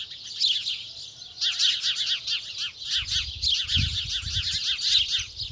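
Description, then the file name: House sparrows chirping in a dense, continuous chorus of short overlapping chirps, with a low rumble of background noise in the second half. "Passer domesticus"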